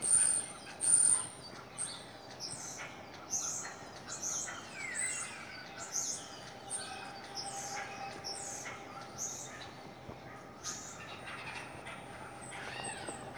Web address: caitlin 2016 12 13 16 11 41 winter bird songs